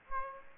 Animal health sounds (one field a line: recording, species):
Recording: mosquito wingbeat signal from an infrared sensor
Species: Aedes aegypti